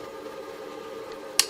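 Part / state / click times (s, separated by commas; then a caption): kit component into its holder on the meter PCB / seated / 1.4 s. A component of an LCF meter kit is pushed into its holder on the circuit board, tight at first, over a steady background hum. At 1.4 s a single sharp, bright snap rings out as it seats and becomes self-holding.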